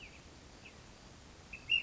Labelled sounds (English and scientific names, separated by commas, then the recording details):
Ash-throated Flycatcher (Myiarchus cinerascens)
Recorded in Sonoma County, California